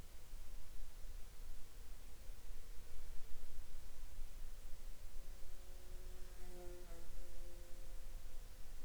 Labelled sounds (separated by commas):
insects